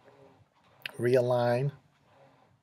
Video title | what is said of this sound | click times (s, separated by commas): DIY MacBook Charger repair (Fix) | it just kind of snaps back in | 0.9 s